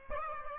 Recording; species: mosquito wingbeat signal from an infrared sensor; Aedes albopictus